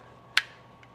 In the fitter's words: turning that, pushing that in, and now it's locked into place.